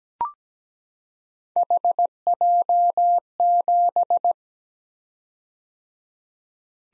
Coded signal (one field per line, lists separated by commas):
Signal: Morse code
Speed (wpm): 17 wpm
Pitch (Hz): 700 Hz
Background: none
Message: HJ7